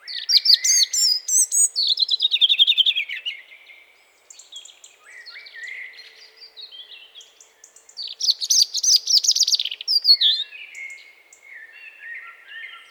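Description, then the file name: European robin giving a run of high, liquid phrases, loud and rapid twittering trills alternating with quieter scratchy warbles and brief pauses. "Erithacus rubecula"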